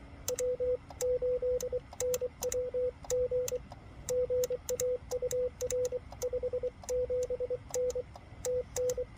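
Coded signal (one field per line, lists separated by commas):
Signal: Morse code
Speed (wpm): 24 wpm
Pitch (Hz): 500 Hz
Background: radio noise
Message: W8NWG GA UR 57N TN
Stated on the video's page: CW during a marathon park activation, Xiegu G90 with Putikeeg key and 17-foot steel whip on a truck-bed stud mount.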